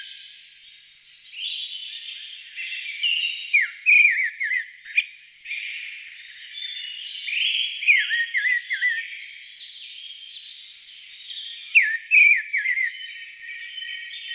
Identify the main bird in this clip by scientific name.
Turdus viscivorus